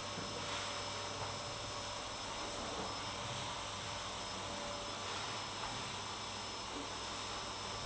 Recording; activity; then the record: daily activity, microphone in the room; vacuum cleaning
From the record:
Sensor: 3